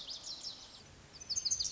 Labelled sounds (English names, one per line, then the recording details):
Lazuli Bunting
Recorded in Sonoma County, California